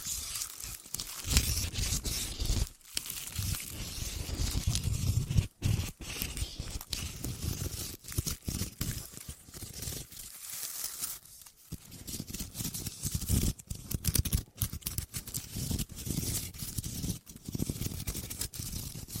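Deep ear crinkles fill the recording, a dense, continuous mass of scratchy rustling broken by sharp clicks and brief pauses, notably near three, five and a half, and eleven seconds. Low rubbing thumps swell underneath at times, with crisp bright crackle throughout.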